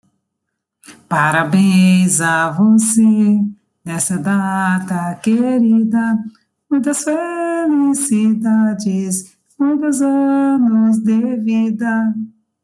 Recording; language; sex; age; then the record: short text; Brazilian Portuguese; female; 40 to 49 years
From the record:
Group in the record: control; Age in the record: 45 years